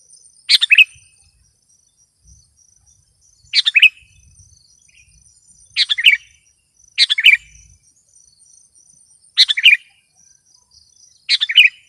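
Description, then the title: Sooty-headed bulbul repeating brief bubbly chirp phrases at uneven intervals, with a steady high insect hum and faint low rustles. "kutilang"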